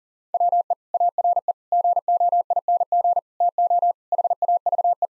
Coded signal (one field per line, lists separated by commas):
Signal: Morse code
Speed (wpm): 40 wpm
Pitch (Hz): 700 Hz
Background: none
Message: WE ARE GOING TO HAVE